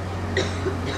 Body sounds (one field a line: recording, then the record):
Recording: coughing mixed with background sound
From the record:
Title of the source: female coughing - coughing sound effects girl